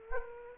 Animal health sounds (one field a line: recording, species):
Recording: mosquito wingbeat signal from an infrared sensor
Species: Aedes aegypti